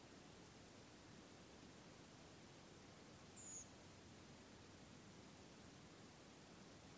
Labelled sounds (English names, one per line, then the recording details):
Redwing
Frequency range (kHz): Redwing 5.9-7.9 kHz
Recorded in France